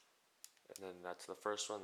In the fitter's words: and then pull the trigger this there's nothing stopping this piece and it just runs forward